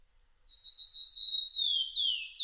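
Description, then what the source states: Blue-and-white flycatcher song: a long, thin, high whistle that slides gently downward, ending in quick slurred notes; otherwise quiet. Recorded on 1 July 2006.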